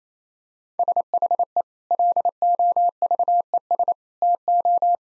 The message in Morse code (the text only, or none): SHE LOVES TO